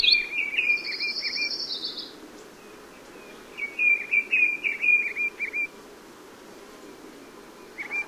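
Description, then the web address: Black-crested titmouse giving quick series of whistled notes, first with a buzzy high sound over it, then a longer clean run, then a faint start of another. North America; listed among common western species. "Know Your Bird Sounds Common Western Species. Black-crested Titmouse"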